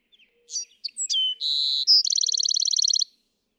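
Bewick's wren song opening with chips and a slurred whistle, then a short buzz and a long, even trill.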